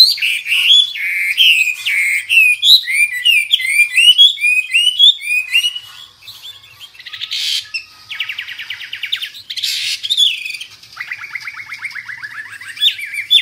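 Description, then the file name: Hwamei song with rolling whistled phrases, then buzzy harsh notes and a fast rattling trill near the end. Hwamei (wambi) described as a special, lively singer (gacor). "Burung Hwamei Wambi wambie"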